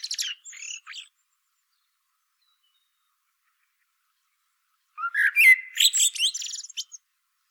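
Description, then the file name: Common blackbird song: a brief high scratchy twitter, silence, then a low fluted whistle breaking into a busy, squeaky high chattering flourish. "Turdus merula"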